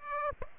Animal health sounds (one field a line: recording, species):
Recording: mosquito wingbeat signal from an infrared sensor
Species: Aedes aegypti